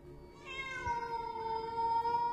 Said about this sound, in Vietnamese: Con mèo nheo nheo mắt nhìn xuống Dương, rồi bất ngờ kêu lên mấy âm thanh nghe như là tiếng trẻ con bị hen trong đêm